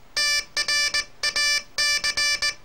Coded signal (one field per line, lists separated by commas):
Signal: Morse code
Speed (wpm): 19 wpm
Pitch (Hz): 1750 Hz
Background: none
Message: TRAC